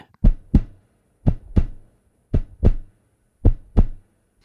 A heartbeat.